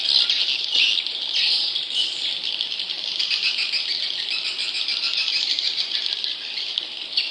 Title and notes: CCKIJDaunKecil. Cucak Ijo